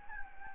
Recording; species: mosquito wingbeat signal from an infrared sensor; Anopheles gambiae